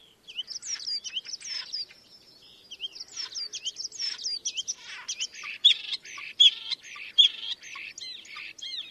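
A bird makes quick high twittering notes with upward and downward slurs, growing louder with sharp accented chirps toward the end.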